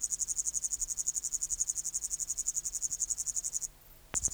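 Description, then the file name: Upland green bush-cricket song, a fast pulsing high buzz that stops abruptly near the end, followed by a sharp knock before the buzzing resumes. "Tettigonia cantans"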